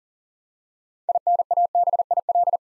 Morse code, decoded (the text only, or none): INABIL